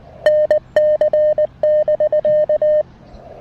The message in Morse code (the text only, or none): NC<BK>